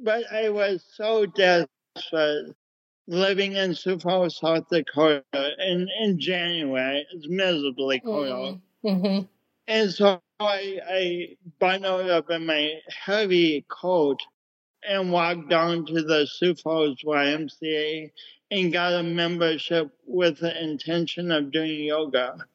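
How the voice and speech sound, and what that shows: An adult man with cerebral palsy speaks in short, choppy phrases with fairly high pitch, drawn-out vowels, a repeated "I, I" and frequent breaks between words. The speech impediment makes his speech effortful but intelligible, consistent with dysarthria from cerebral palsy.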